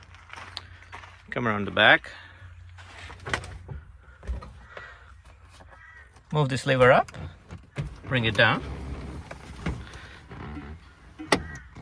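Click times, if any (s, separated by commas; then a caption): 11.3 s. A middle-row seat in a Pajero is folded down after its seat release lever is lifted, while someone talks. Scattered handling knocks and rattles lead up to a sharp click at 11.3 s as the folding seat's mechanism latches down and seats.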